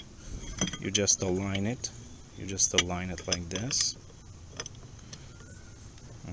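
The wheel guard of a Milwaukee M18 FUEL 4-1/2 in. / 5 in. Braking Grinder with ONE-KEY Slide Switch is lined up on the grinder head's collar while someone talks. Only light contact taps are heard, around 0.6 s and again from 4.6 to 5.1 s. The guard has not yet been pressed down and rotated home, so nothing has seated or clicked yet.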